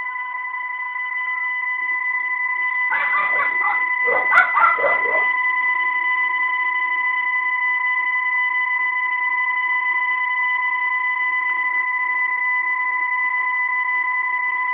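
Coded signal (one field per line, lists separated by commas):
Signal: PSK31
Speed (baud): 31.25 baud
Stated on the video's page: Digital modes test from VOA Radiogram on 17860 kHz.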